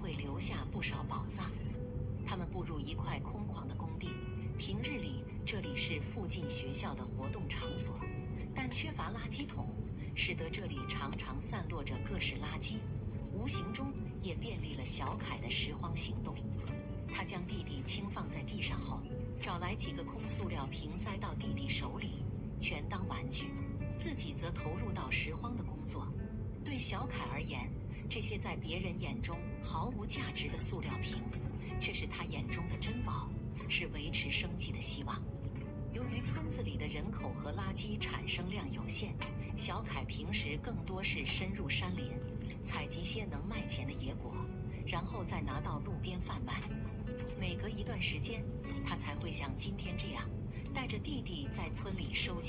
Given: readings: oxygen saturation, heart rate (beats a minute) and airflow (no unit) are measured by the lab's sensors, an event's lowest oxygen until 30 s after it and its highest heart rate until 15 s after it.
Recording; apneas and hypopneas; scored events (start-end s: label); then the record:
a person awake in a sleep study, by a smartphone at the bedside; none
0.00-52.49 s: awake
From the record:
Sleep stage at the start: awake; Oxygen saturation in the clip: 94 to 96%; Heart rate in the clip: 70 to 76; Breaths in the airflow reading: 12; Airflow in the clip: -3.5 to 4.6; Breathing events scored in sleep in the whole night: 131 in 7.2 hours asleep